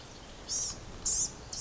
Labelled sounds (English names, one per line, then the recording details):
Blue-gray Gnatcatcher
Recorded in Sonoma County, California